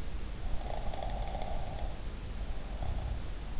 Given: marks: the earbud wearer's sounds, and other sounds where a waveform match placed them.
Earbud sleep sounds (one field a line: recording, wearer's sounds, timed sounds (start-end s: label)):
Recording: sounds in sleep by an in-ear microphone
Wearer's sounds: snoring breath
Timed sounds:
0.62-3.12 s: snoring breath